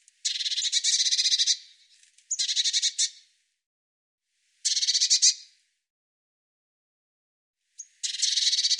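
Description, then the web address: Bird song of dry, high, rapid trills in bursts about a second long, four phrases separated by short pauses, otherwise quiet. "cianscape birddata Deverinetal 2025 Bird Cy Ca"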